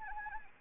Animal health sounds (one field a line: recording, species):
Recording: mosquito wingbeat signal from an infrared sensor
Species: Anopheles arabiensis